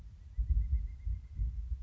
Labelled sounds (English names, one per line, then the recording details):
Pileated Woodpecker
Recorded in Sonoma County, California